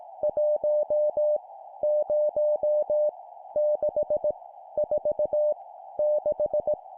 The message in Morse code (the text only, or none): 1 0 6 4 6